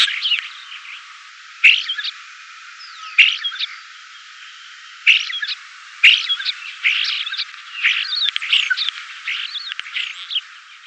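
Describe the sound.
Common starling song: a rambling mix of clicks, sharp whistles, rattles and squeaky chatter, with several loud bursts, becoming busier in the second half.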